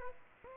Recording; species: mosquito wingbeat signal from an infrared sensor; Aedes aegypti